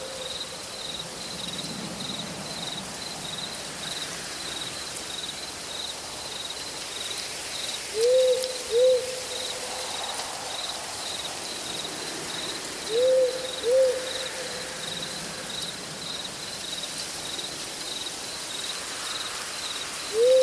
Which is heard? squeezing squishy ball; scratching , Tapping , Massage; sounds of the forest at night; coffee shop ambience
sounds of the forest at night